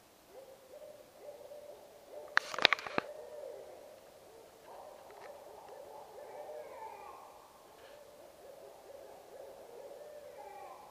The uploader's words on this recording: Barred Owl AR.WMA by Christie Mullen.